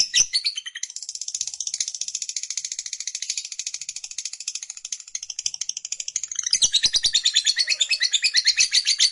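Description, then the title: Lovebird song, a sustained fast chatter of thin, buzzy high notes, growing louder and more pulsed near the end. Lovebird that is lazy to sing, prompted to become eager and burst spontaneously into long sustained singing, called narik. "LOVEBIRD Malas Bunyi JADI GREGET SPONTAN Langsung NARIK"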